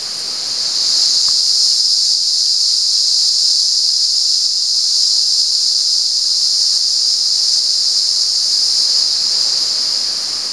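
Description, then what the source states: Cicada buzzing, a steady shrill drone that swells in after the first second and runs on unbroken, fading slightly at the close. At San Ramon.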